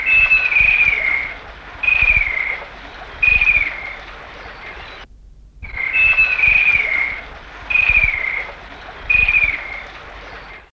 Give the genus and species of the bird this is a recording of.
Halcyon chelicuti